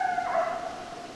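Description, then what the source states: Coyote howl fragment, a brief high tone that dips slightly and fades, with a steady background hiss. Recorded 2012-12-10; more than one coyote.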